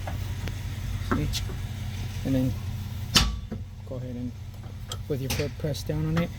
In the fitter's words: all the way up until it locks in place you'll hear it